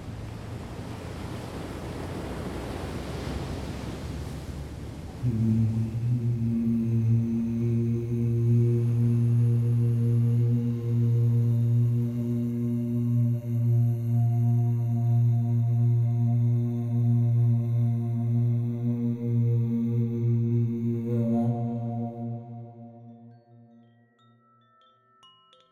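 Music built from sea sounds and singing bowls: a rushing, wave-like wash fills the first five seconds. Then a deep, steady bowl or gong tone enters and hums with ringing overtones, swelling slightly, before fading away after about twenty-two seconds.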